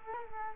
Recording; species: mosquito wingbeat signal from an infrared sensor; Culex quinquefasciatus